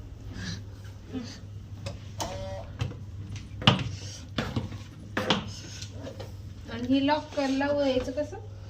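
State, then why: Not seated. A lock on a door is handled while someone talks, with a few brief, sharp handling knocks over low steady background noise. The lock has not latched yet; nothing has seated or clicked by the end of the clip.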